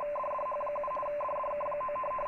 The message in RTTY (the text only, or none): DDH7 DDK9